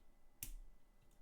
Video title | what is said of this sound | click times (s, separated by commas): LEGO Creator - Set 7806 - (2009) Truck - Build and Review | Get that click. | 0.4 s